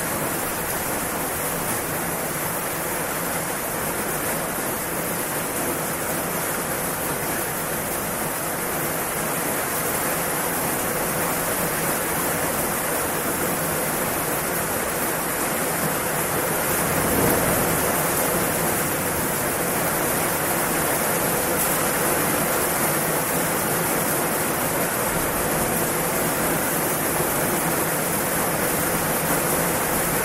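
Steady, heavy rain pours in a dense, unbroken hiss that fills everything from a low rumble to a bright sizzle. The level barely changes across the half minute, with only a brief swell around seventeen seconds before the wash settles back.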